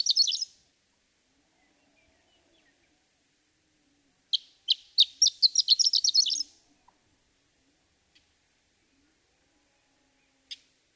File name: Horned Lark